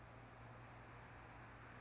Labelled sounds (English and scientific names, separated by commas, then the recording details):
Anna's Hummingbird (Calypte anna)
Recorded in Sonoma County, California